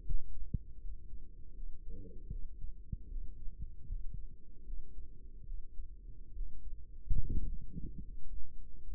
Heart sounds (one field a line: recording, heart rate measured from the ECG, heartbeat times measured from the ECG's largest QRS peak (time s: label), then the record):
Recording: heart sounds by microphone in the right ear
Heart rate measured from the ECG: 75 bpm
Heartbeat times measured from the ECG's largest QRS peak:
0.03 s: heartbeat
0.79 s: heartbeat
1.53 s: heartbeat
2.29 s: heartbeat
3.07 s: heartbeat
3.85 s: heartbeat
4.63 s: heartbeat
5.44 s: heartbeat
6.32 s: heartbeat
7.18 s: heartbeat
8.01 s: heartbeat
8.86 s: heartbeat
From the record:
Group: healthy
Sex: male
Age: 35 years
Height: 178 cm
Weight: 64 kg